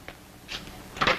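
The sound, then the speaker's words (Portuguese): A bedroom door is opened by someone leaving the room, in three short bursts: a faint click of the latch, a brief scrape, then a louder clunk as it swings free, with no voices. “Abre a porta do quarto e sai rindo.”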